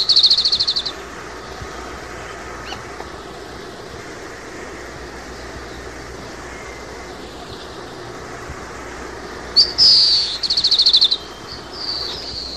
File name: 방울새